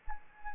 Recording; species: mosquito wingbeat signal from an infrared sensor; Anopheles arabiensis